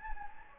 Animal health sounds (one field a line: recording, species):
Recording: mosquito wingbeat signal from an infrared sensor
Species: Anopheles gambiae